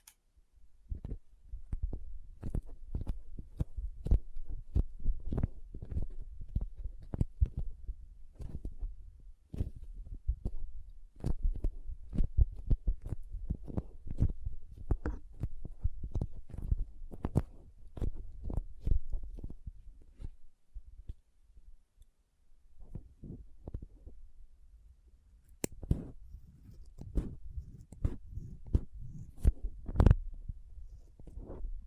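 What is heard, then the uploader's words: Soft, squishy, sticky handling sounds with crinkles, made of dense, irregular clicks and crackles over low, padded thumps. The activity runs almost nonstop, pausing briefly around twenty seconds and staying quieter until a busier, sharper stretch picks up near twenty-six seconds. Soft Squishy Sticky, Crinkle, Cutting Sounds.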